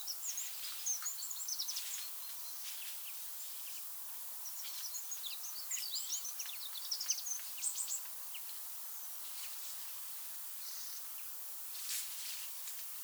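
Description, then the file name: Eurasian wren giving rapid, high-pitched ticking and trilling notes in short bursts, most busy between five and eight seconds, over a steady background hiss. "Troglodytes troglodytes"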